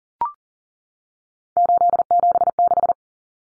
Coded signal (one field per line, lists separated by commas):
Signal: Morse code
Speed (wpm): 40 wpm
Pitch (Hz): 700 Hz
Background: none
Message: 876